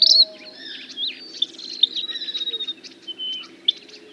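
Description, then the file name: Vermilion flycatcher giving high chips and thin wavering whistles with a soft stuttering trill, over a low background hum. "Canto do passaro principe"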